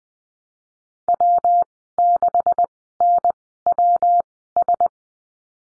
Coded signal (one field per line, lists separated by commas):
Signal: Morse code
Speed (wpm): 20 wpm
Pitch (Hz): 700 Hz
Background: none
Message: W6NWS